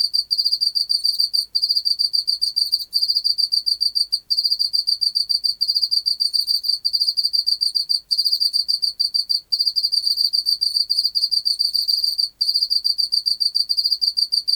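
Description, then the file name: Pacific field cricket song, dense high pulsed trills broken by short pauses at irregular intervals. "Teleogryllus oceanicus"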